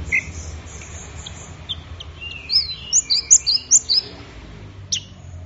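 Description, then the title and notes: Orange-headed thrush singing scattered high whistled notes, then a quick run of bright, sliding phrases in the middle, with a faint low hum beneath. Bird in gacor (full, vigorous) song. "Anis Merah Gacor Teler. Kumpulan Suara Burung Anis"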